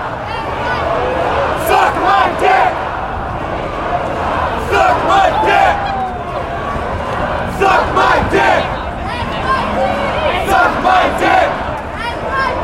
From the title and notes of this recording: The Sound Of A Protest. Today's episode features a segment of audio recorded at a peaceful protest in New York City.